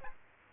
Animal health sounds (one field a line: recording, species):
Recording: mosquito wingbeat signal from an infrared sensor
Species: Aedes aegypti